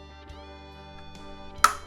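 The first plastic part of an Altaya X-Wing model kit is pressed firmly onto the spacecraft's motor assembly over soft background guitar music. A sharp, loud snap sounds at 1.7 s as the part seats, since it must be pressed hard to go into place.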